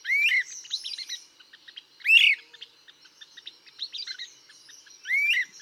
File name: Great Crested Flycatcher